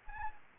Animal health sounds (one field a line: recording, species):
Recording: mosquito wingbeat signal from an infrared sensor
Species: Anopheles gambiae